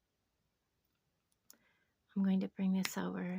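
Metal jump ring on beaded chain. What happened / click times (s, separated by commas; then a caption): The small metal ring clicked once but did not fully close / 1.5 s. A metal jump ring on a beaded chain gives a single sharp click at 1.5 s as it is pushed closed, followed by a faint rustle. Someone then talks, and the ring is found not fully closed.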